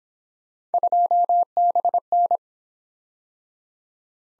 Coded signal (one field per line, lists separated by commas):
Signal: Morse code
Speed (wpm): 25 wpm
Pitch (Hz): 700 Hz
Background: none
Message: 2BN